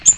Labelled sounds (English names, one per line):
Ovenbird flight call